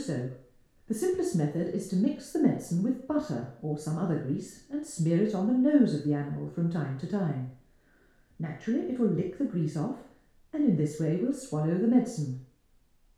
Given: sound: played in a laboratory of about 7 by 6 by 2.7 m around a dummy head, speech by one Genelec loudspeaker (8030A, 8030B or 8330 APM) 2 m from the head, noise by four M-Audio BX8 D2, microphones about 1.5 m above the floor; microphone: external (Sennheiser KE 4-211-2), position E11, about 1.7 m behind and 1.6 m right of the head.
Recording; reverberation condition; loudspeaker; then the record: female speech in English; medium; 120 degrees to the right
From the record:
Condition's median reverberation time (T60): about 510 ms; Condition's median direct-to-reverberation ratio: about -0.5 dB